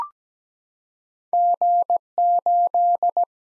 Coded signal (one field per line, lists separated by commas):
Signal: Morse code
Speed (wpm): 17 wpm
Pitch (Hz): 700 Hz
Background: none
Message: G 8